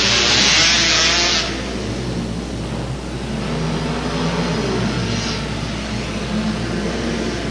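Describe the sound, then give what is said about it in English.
Race car engines roar loudly as cars race for the lead, car number 59 driven by Anthony Verano and car number 7 driven by Austin Medrano, with a bright, high-pitched burst at the start that eases into a steady, droning growl as the cars sweep by, followed by a second, fainter rise. “Anthony Verano has the lead, number 59, and here comes number 7, Austin Medrano.”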